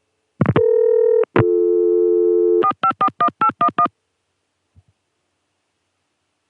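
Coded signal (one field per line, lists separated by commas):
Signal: DTMF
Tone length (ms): 90 ms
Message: 4541811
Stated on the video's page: Recordings of ConTelNet CCSA telephone network signalling, July 1980 and March 1981.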